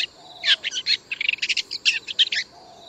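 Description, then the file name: Brown shrike giving a burst of harsh, buzzy chattering notes in quick uneven succession for about two seconds, with a faint low whistle just before and after. "紅尾伯勞"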